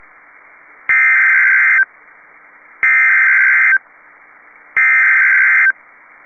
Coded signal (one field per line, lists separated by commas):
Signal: Emergency Alert System (SAME) tones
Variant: header bursts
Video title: PDS Tornado Warning | EAS #519